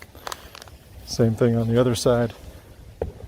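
A plastic wheel is being handled at the axle of a Ryder Buggy 24V ride-on kids' toy, ready to be slid on and rotated until it snaps into place on the motor hub. Someone talks while a few faint handling clicks come early on and a sharp knock sounds at about 3.0 s. The wheel has not snapped onto the motor hub yet.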